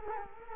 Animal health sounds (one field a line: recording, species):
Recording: mosquito wingbeat signal from an infrared sensor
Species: Culex quinquefasciatus